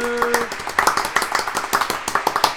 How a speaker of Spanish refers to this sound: El God G de la octava generación. De aquí, en Mala Compañía, es... Mass Effect. Un aplauso, por favor.